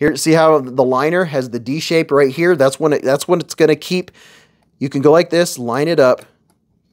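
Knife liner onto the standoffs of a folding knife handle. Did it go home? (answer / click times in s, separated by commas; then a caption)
no / none. A metal knife liner is lined up with the standoffs of a folding knife handle during assembly of a JIN folding knife kit. Someone talks throughout, and a faint short tap is heard near 6.5 seconds. Nothing has seated or clicked yet.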